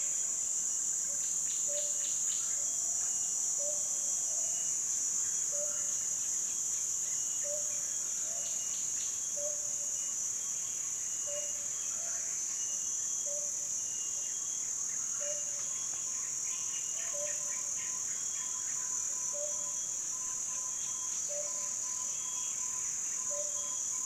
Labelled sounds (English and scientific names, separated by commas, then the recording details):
Yellow-billed Barbet (Trachyphonus purpuratus)
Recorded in Kibale, Uganda